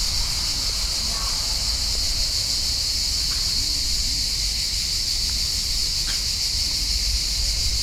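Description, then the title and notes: Cicadas keep up a dense, even, high buzzing drone throughout, with a few faint chirps and low background rumble. Many cicadas calling at high volume in summer in Parque Vale do Silêncio, a park in Lisbon, Portugal; recorded binaurally with Church-audio microphones and a Zoom H4n. "Parque Vale do Silêncio, 1800 Lisbon, Portugal - Summer cicadas. High volume cicadas on the park"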